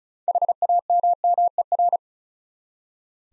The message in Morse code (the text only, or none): HAMMER